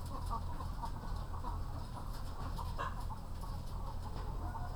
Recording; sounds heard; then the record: poultry house recording; sick chickens (respiratory disease)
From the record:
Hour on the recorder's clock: 0